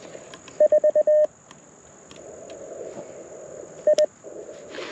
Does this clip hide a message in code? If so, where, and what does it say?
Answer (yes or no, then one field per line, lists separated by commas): no